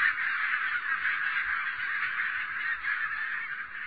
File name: Barnacle Goose